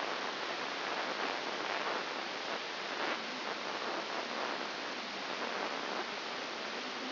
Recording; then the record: brain microelectrode recording played as sound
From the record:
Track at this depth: outside the subthalamic nucleus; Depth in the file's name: 5.901 mm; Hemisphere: left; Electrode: 2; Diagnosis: Parkinson's disease